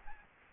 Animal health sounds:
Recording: mosquito wingbeat signal from an infrared sensor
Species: Aedes albopictus

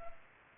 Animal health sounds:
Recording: mosquito wingbeat signal from an infrared sensor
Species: Culex pipiens

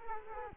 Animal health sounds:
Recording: mosquito wingbeat signal from an infrared sensor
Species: Culex quinquefasciatus

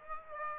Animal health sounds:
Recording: mosquito wingbeat signal from an infrared sensor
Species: Aedes aegypti

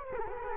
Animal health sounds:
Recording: mosquito wingbeat signal from an infrared sensor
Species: Culex quinquefasciatus

